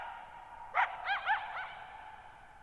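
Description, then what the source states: Coyote giving a short run of four wavering yips, rising and falling in pitch, over a steady lingering echo. Lone coyote vocalizing for nearly 50 minutes, night of July 14, 2019, Thirtymile Meadows, Okanogan National Forest, Okanogan High Country, Pacific Northwest, 6400 ft (1950 m); high dry plateau, shallow-bowl meadow.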